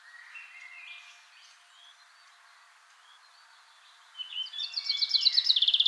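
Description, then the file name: Common chaffinch song: after quiet background bird calls, a loud rapid series of repeated notes begins and runs on, cut off before its end. "Fringilla coelebs"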